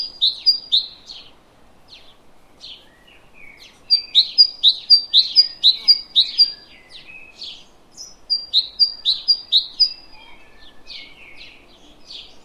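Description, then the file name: Great tit song: three rapid bursts of bright repeated two-note phrases, with quieter chirps between bursts. "Parus major"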